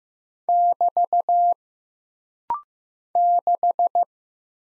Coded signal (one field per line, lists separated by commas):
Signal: Morse code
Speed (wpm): 15 wpm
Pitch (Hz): 700 Hz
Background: none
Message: <BT> 6